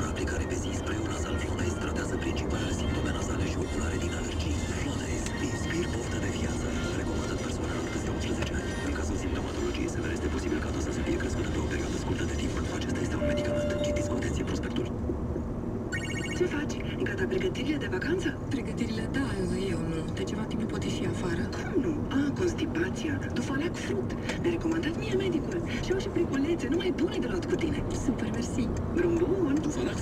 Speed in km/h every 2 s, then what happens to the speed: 67, 65, 63, 62, 62, 59, 56, 55, 54, 53, 52, 51, 53, 58, 60.
0-21 slows to 51. 21-30 speeds up to 60.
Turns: none.